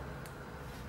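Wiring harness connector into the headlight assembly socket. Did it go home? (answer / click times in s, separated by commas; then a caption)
no / none. A wire that was tucked away earlier is handled toward the plastic connector on the passenger-side aftermarket VLAND headlight on an IS250/IS350/ISF, where the wiring harness connector is meant to plug into the headlight assembly socket. A steady low hum runs throughout, with a brief faint hiss at about 0.3 s. The connector has not clicked or seated yet.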